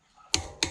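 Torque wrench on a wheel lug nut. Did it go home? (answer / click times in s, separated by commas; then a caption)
yes / 0.3 s, 0.6 s. A torque wrench fitted with a 70 millimeter lug nut socket is pulled on a car wheel lug nut that was already tightened with the tool kit wrench. It gives two sharp clicks at its set value, at 0.3 and 0.6 seconds, over a low background. The nut does not turn any further.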